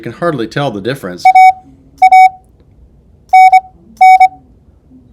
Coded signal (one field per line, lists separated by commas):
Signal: Morse code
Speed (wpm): 25 wpm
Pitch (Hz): 750 Hz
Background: speech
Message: AA NN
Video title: Ultimatic Squeeze Keying